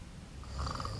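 An adult man asleep at night, snoring loudly enough to keep his wife from sleeping.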